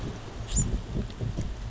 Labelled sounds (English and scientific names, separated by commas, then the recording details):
Bewick's Wren (Thryomanes bewickii)
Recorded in Sonoma County, California